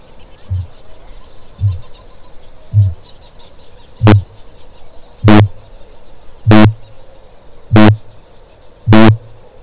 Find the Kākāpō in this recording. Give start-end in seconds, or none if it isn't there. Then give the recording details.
0.22-3.12, 3.71-9.62. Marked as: faintness 2/5, faintness 1/5. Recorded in New Zealand. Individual Stumpy